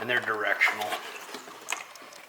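Someone talks while the small accessory-plug connector from a Warn winch wiring harness is pushed toward the cigarette lighter plug connector under the dash of a Honda Pioneer UTV; the connectors fit only one way. Quiet plastic handling sounds follow the talk, with a brief sharp tick around 1.7 s. Nothing has seated or clicked yet.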